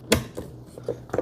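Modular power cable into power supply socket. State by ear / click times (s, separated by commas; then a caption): seated / 0.1 s. A modular power cable plug is pushed into the power supply socket, and its plastic clip catches with a sharp click at 0.1 s. Fainter ticks and taps follow, with a steady low hum underneath. The cable is seated in the power supply.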